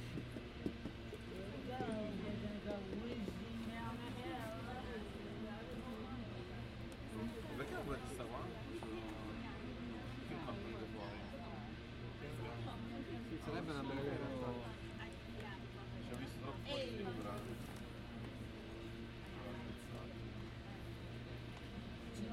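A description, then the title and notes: Voices chatter throughout a ride on a San Francisco cable car, several people talking at once in a steady murmur. Beneath them runs a constant low rumble and hum of the moving car, with occasional brief clicks and knocks scattered through the ride. Cable Car Soundscape: Riding through San Francisco.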